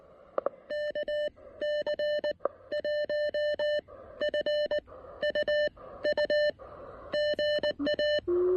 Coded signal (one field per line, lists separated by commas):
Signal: Morse code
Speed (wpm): 19 wpm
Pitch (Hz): 600 Hz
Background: none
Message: KC1FUU GA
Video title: A Little Lunch, Little Radio, and Little Antenna--Pairing the Elecraft KX1 & AX1 for Some QRP POTA!